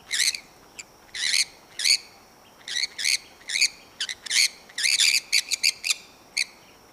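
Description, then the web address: Maroon-tailed parakeet calls: a long run of harsh, rasping screeches, some single and some in quick clusters, over a quiet background. Recorded in Ecuador. "Natures Songs S America Birds of Ecuador Maroon-tailed Parakeet"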